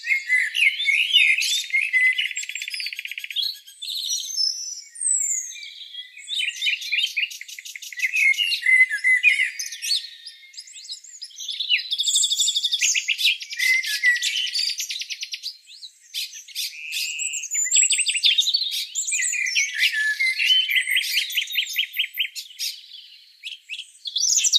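Birdsong fills the morning, a dense, nearly continuous chorus of bright chirps, trills and rapid clicking calls from several birds. The calls overlap and shift constantly, with brief quieter gaps around 16 and 23 seconds, and no low sounds beneath them.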